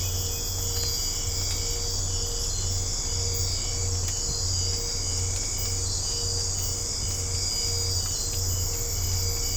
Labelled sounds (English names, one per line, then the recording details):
none
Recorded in secondary vegetation near Puerto Asís, Putumayo, Colombia, on 20 December 2024 at 00:30
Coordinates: 0.502, -76.326
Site G028